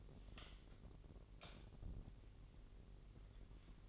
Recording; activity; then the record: daily activity, microphone in the room; light on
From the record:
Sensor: 4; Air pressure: 1012.7 hPa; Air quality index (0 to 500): 244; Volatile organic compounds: 4 ppm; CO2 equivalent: 1663 ppm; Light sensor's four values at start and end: 15/34/14/14 and 17/45/18/19